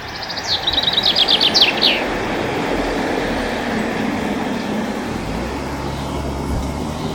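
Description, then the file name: Common chaffinch delivering one brisk descending phrase with end flourish, followed by several seconds of low rumbling noise. Male. "Chaffinch Male Bird Song"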